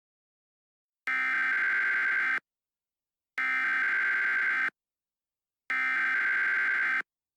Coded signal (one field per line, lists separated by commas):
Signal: Emergency Alert System (SAME) tones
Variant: header bursts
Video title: #SharkWeek EAS Scenario: Deep Blue